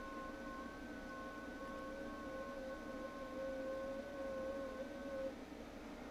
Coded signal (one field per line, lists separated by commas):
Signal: FT8